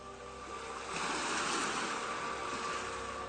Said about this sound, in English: An ocean wave bulges pink over the rock, pulls back, slow sighing.